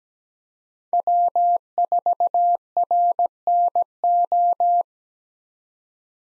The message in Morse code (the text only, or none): W4RNO